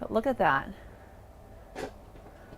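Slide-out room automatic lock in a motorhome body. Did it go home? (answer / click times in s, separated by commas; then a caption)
no / none. In a 2022 Newmar Kountry Star 4045 bunk bed RV, the slide-out room with its automatic lock in the motorhome body is being retracted while someone talks for the first 0.7 seconds. A brief broadband burst follows around 1.8 seconds over a low steady background. The slide-out has not yet locked into place and nothing has seated yet.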